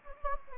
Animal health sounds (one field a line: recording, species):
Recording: mosquito wingbeat signal from an infrared sensor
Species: Anopheles gambiae